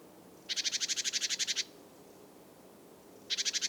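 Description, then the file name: Great tit giving rasping chatter calls, a burst of fast, evenly pulsed harsh notes, then silence, then another rattle starting at the end. "Parus major"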